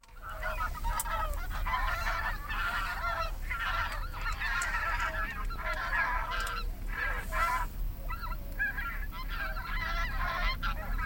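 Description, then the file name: Bean goose honking calls, a dense chorus of overlapping nasal honks from many birds continuing throughout, with a steady low rumble underneath. "hishikui"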